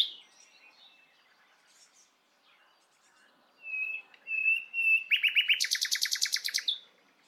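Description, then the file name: Common nightingale song: a few soft notes, then pure whistled notes swelling in volume, ending in a loud, fast, rattling trill of repeated notes. "Luscinia megarhynchos"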